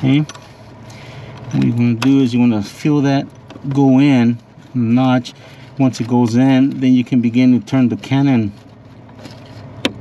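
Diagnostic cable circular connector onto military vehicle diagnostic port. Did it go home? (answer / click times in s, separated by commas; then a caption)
yes / 9.8 s. A cannon-style circular diagnostic cable plug is pushed onto the diagnostic connector of a military vehicle with its notch aligned at 12 o'clock, then its coupling ring is turned. Someone talks through most of the clip over faint handling noise, and a sharp little snap at 9.9 s marks the connector seating home, ready to go.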